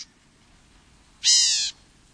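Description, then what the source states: Black-capped Gnatcatcher call: a single harsh, buzzy high note lasting about half a second, otherwise quiet background. Lives from mesquite thickets of southeastern Arizona to dry tropical forests of Colima, western Mexico; population declining due to habitat loss.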